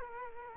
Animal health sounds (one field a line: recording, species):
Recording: mosquito wingbeat signal from an infrared sensor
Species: Culex quinquefasciatus